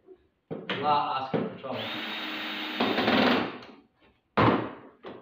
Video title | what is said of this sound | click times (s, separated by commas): How to assemble NordicTrack RW900 Rower | it Clips in because you're here that clink if you don't do that before you screw it in | 0.7 s